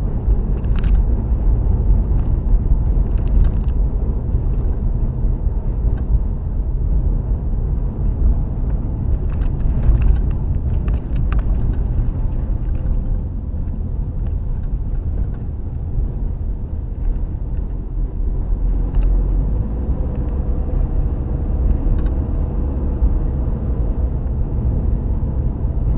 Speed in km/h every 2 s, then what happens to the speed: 50, 47, 45, 50, 47, 39, 35, 34, 34, 35, 40, 45, 48.
0-7 steady at about 47. 7-13 slows to 34. 17-26 speeds up to 48.